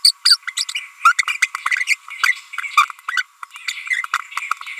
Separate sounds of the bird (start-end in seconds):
0.04-0.11, 0.25-0.36, 0.47-0.50, 0.57-0.65, 1.05-1.12, 1.27-1.36, 1.42-1.46, 1.86-1.95, 2.23-2.32, 3.17-3.22, 3.68-3.73